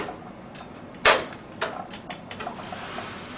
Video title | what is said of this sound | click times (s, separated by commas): ▶ How to Build a Computer 18 Preparing the Case | and it should just snap right in place | 1.1 s